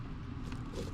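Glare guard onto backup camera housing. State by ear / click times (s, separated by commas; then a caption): not seated / none. A plastic glare guard is handled against a backup camera housing after a first fit that was not quite right, over a steady low rumble with a brief faint tap at about 0.5 s. Nothing has seated or clicked yet.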